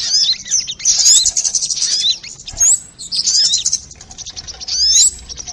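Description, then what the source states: Crimson sunbird singing in short, high, sibilant bursts of quick chirps and rising whistled slurs, separated by brief gaps. Tutor song (masteran) in the 'labaik' style.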